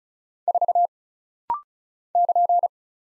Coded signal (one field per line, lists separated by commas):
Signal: Morse code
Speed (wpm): 36 wpm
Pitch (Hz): 700 Hz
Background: none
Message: 4 <KN>